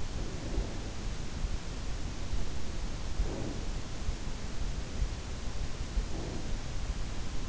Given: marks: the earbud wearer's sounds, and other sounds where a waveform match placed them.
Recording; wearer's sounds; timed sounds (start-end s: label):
sounds in sleep by an in-ear microphone; breath
0.00-1.35 s: breath
3.03-4.07 s: breath
5.81-7.43 s: breath